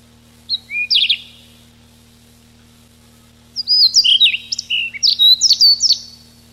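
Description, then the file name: Siberian rubythroat song: a short burst of sharp notes, then after a pause a longer run of rapid, varied whistled and chirping notes, with a faint constant hum. Recorded 6 July 1991. "6 07 91 Ccalliopa"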